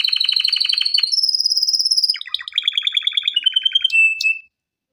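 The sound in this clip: Canary song: rapid rolling tours of repeated notes, one trill giving way to another, ending in a short steady note before silence.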